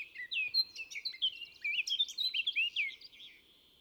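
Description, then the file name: Eurasian blackcap song: a rapid, rich warble of varied chattering and fluty notes, rising and falling continuously for about three seconds. "Sylvia atricapilla"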